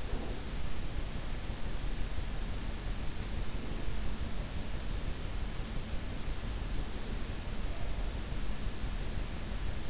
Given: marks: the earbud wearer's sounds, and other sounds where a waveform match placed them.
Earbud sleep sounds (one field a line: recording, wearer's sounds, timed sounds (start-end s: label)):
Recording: sounds in sleep by an in-ear microphone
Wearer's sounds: breath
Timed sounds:
0.00-0.54 s: breath